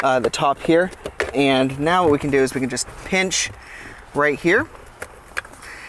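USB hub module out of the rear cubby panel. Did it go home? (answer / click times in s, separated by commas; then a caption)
released / 5.4 s. Someone talks while pinching the tabs of a plastic USB hub module in the rear armrest cubby of a 2015 Ford Focus during a Sync 2 to Sync 3 upgrade. A sharp pop at 5.4 s marks the hub coming free, with smaller clicks around it. The USB hub is released from its housing.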